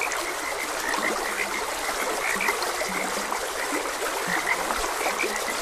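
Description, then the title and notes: Frogs croaking, a busy chorus of higher notes plus a few short deeper croaks, all over a continuous sound of running water. Frogs croaking beside a gentle stream. "Gentle Stream and Frogs Croaking. Sleep and Relaxation Podcast"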